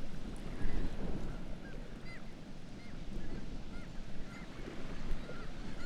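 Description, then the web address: Black-legged kittiwakes giving scattered cries, several birds calling, over loud low rumbling. "Black legged kittiwake. صدای-پرنده-کاکایی-پاسیاه"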